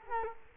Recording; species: mosquito wingbeat signal from an infrared sensor; Culex quinquefasciatus